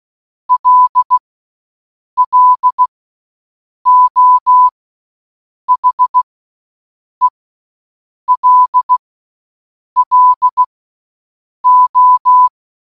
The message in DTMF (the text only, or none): none